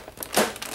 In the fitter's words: slide it back together it should make a pretty positive clicking sound like that